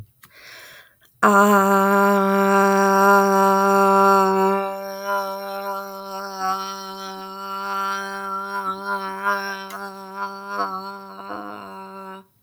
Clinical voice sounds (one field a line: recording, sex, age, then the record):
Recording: vowel held as long as possible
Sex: female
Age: 20 to 29 years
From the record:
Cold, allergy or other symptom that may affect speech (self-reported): no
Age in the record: 28 years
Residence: Mississippi, United States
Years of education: 24